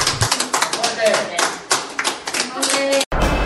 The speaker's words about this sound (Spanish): la recuperación de este hombre de 93 años en Madrid, hombre que se ha recuperado del virus y ya ha salido de la unidad de cuidados intensivos. Y bueno, vemos allí cómo los enfermeros y el personal del hotel aplauden su salida.